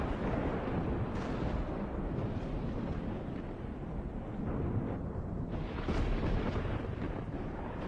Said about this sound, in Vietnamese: Trên tầng không, mây đen vần vũ. Một tia sét chói lòa dọi thẳng từ trong tầng mây ấy xuống cái ngôi mộ mới đắp của Hải.